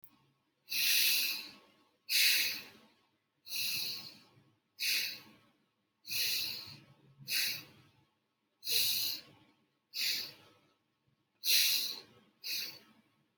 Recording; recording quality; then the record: deep breathing; excellent, no background noise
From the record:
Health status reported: healthy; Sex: female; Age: 35 years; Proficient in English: yes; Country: India